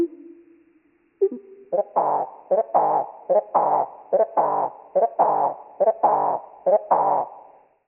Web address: SK slowed-8 x East-genes-West-songs. songs and genes marsh wrens tell of two species in north america